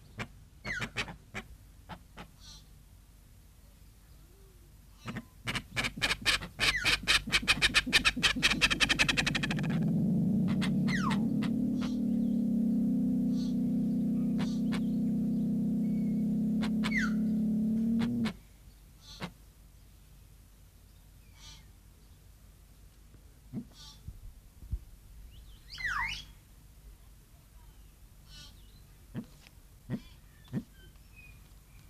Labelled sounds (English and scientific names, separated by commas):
Pale-winged Trumpeter (Psophia leucoptera) call